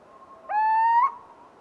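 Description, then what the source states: Little owl delivering one clear hoot, steady then slightly rising and cut off sharply, preceded and followed by a faint softer note. Hooting emerging from two quieter call types.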